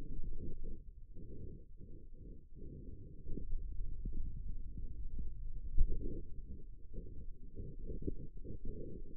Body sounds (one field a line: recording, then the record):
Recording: forearm muscle sounds (acoustic myography)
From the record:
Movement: hand opening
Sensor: system 2, bracelet of six BSWA MPA416 microphones around the upper forearm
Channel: 4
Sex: male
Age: 22 years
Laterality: right